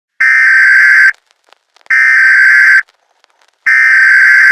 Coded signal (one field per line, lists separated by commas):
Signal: Emergency Alert System (SAME) tones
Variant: header bursts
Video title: EAS Scenario 4: Try Your Luck (Late St. Patrick’s Day Special)